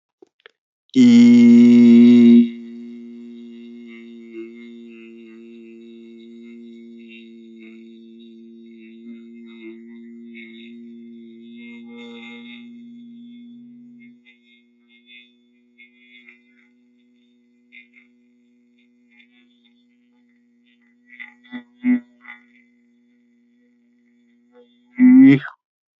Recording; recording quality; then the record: sustained vowel as in beet; excellent, no background noise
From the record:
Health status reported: healthy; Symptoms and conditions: none ticked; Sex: male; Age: 25 years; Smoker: not ticked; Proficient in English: yes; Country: India